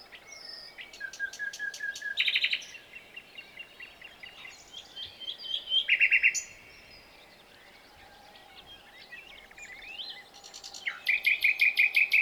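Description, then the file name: Common nightingale singing several varied phrases: clicking runs, low repeated notes, buzzy bursts and a closing rapid trill, separated by short pauses. "Luscinia megarhynchos"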